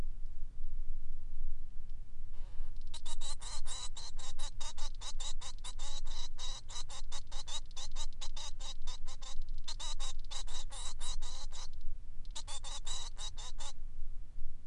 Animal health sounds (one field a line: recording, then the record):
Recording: song of a male Bengalese finch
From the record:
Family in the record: son of father 3